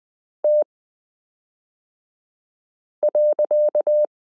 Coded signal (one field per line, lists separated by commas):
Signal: Morse code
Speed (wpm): 20 wpm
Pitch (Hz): 600 Hz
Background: none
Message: T.